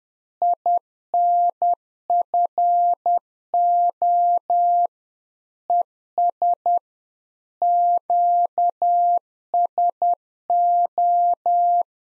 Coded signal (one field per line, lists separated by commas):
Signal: Morse code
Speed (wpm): 10 wpm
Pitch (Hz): 700 Hz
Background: none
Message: INFO ES QSO